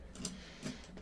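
The main gun of a plastic Transformers Titans Return Decepticon Sky Shadow toy is pushed onto its tank-mode body and snaps into place with a sharp plastic click at 0.3 s. Softer handling noise and a faint tick near the end follow as the gun sits seated.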